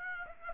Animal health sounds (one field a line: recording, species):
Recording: mosquito wingbeat signal from an infrared sensor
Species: Aedes aegypti